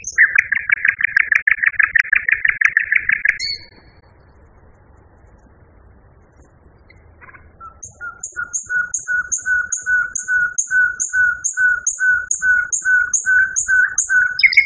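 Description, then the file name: Common nightingale song: a fast rattling trill of rapid notes, a pause, then a long series of evenly repeated short whistled notes, steady and rhythmic, about two per second. Song variation. "kicauan-nightingale-b-variasi 5-omkicau"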